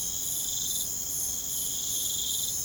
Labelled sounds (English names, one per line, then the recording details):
none
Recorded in pastures near Puerto Asís, Putumayo, Colombia, on 23 June 2025 at 22:30
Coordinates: 0.472, -76.331
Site G095